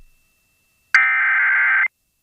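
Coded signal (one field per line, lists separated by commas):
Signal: Emergency Alert System (SAME) tones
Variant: header bursts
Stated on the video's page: Tornado Warning alert aired on a radio station.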